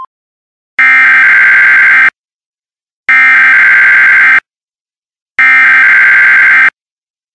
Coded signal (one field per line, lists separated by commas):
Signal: Emergency Alert System (SAME) tones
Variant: header bursts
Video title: EAS Poop Best Buy